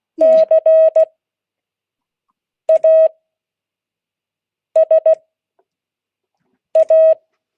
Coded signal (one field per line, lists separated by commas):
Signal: Morse code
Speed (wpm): 16 wpm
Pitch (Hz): 640 Hz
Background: none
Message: CASA